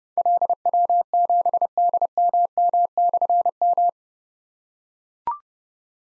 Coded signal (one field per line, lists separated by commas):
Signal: Morse code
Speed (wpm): 30 wpm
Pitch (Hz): 700 Hz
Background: none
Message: LW7DMM/M